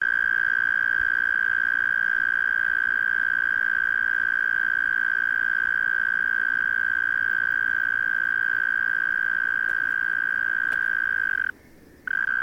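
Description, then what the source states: Cricket call as a continuous even trill at a single steady pitch, running without variation until a brief break near the end, then resuming. Cricket recorded in Australia, part of a set of various Australian insects.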